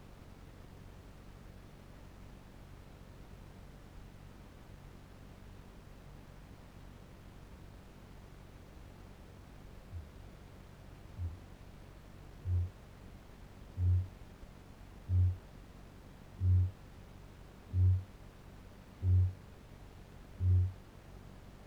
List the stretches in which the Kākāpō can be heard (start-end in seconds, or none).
9.72-11.43, 12.35-21.66